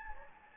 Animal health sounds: mosquito wingbeat signal from an infrared sensor; Anopheles gambiae

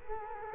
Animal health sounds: mosquito wingbeat signal from an infrared sensor; Culex quinquefasciatus

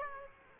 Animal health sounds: mosquito wingbeat signal from an infrared sensor; Aedes aegypti

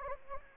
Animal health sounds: mosquito wingbeat signal from an infrared sensor; Anopheles gambiae

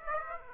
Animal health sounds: mosquito wingbeat signal from an infrared sensor; Aedes aegypti

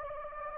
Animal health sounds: mosquito wingbeat signal from an infrared sensor; Anopheles gambiae

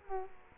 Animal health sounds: mosquito wingbeat signal from an infrared sensor; Culex quinquefasciatus

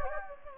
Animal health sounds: mosquito wingbeat signal from an infrared sensor; Anopheles gambiae

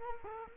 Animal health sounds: mosquito wingbeat signal from an infrared sensor; Culex quinquefasciatus

